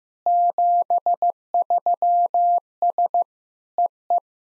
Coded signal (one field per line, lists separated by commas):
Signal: Morse code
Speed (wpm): 15 wpm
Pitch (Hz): 700 Hz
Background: none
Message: 73S EE